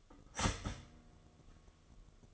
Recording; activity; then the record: daily activity, microphone in the room; start toaster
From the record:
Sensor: 4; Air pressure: 1015.5 hPa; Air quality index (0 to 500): 196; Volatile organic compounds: 9 ppm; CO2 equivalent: 2189 ppm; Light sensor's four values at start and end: 4/9/3/3 and 4/9/3/3